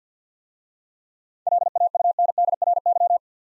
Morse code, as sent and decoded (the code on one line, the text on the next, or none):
.-.. .- ..- -. -.. .-. -.--
LAUNDRY